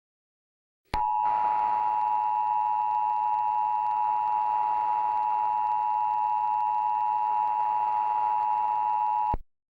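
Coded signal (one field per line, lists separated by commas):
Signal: Emergency Alert System (SAME) tones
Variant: 853 and 960 Hz attention tone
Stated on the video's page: Simulated EAS alert for a film's meteor shower scenario, using valid SAME tones that could cause false activations.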